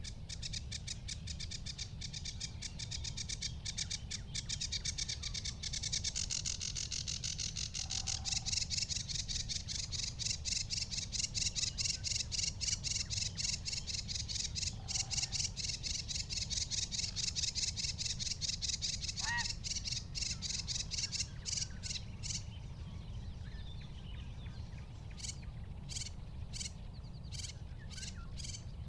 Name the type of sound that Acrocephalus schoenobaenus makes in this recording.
song